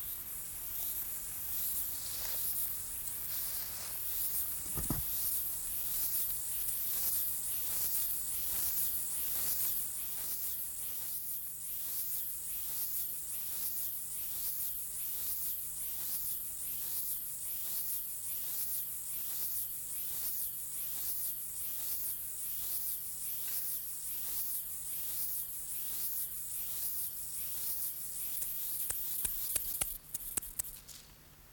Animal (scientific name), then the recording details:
Stenobothrus lineatus. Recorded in the wild. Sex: male. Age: imago. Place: Treuchtlingen, Heumöderntal, Bayern, DE. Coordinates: 48.96, 10.91. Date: 1993-09-22 16:30. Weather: heiter, 23°C. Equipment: Marantz CP 430, Sennheiser MKH 416 T, Kopie Uher Variocord 263. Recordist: Tembrock, Günter. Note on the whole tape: Anderes Männchen am Weibchen, springt ab und findet es wieder, lange Lautsequenzen